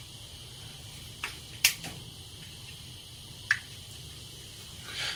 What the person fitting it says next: You heard the clicks.